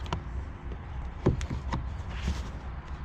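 A vehicle wiring harness plug is handled at the connector of an add-on bypass module during a Z Automotive Tazer install in a 2018 Charger. Short plastic taps and rattles (sharpest near 0.1 s and 1.7 s) sound over a low background rumble. Nothing has seated or clicked yet.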